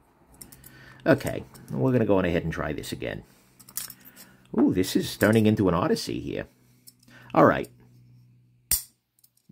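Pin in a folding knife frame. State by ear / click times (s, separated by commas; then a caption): seated / 8.7 s. During reassembly of a thin Benchmade Narrows folding pocketknife, someone talks while working a top pin that was not fully seated in the metal frame, with a few faint ticks around 0.3–0.7 s and 3.6–3.9 s. At 8.7 s the pin pops into place with a sharp, loud snap, and it is now seated. The talk suggests the unseated pin may be why the pivot did not fully align.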